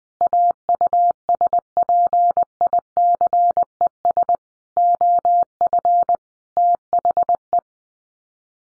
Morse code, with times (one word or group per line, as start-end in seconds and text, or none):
0.2-4.3 AUSPICES
4.8-6.2 OF
6.6-7.6 THE